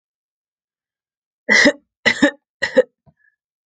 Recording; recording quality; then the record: shallow voluntary cough; excellent, no background noise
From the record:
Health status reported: exposed to COVID-19, no respiratory illness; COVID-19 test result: negative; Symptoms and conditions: fatigue, muscle pain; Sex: female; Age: 29 years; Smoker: not ticked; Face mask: not worn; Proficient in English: yes